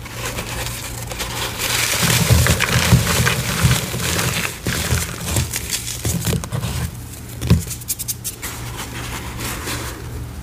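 Gym chalk and cornstarch being crushed in dense, crinkly squeaks and crunches, with soft low thumps between two and four seconds and near seven and a half.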